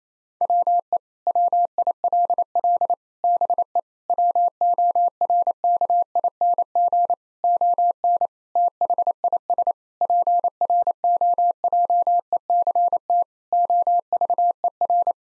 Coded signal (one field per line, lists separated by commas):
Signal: Morse code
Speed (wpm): 27 wpm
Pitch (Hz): 700 Hz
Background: none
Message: WE WILL BE WORKING ON THIS PROJECT OVER